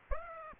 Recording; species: mosquito wingbeat signal from an infrared sensor; Aedes aegypti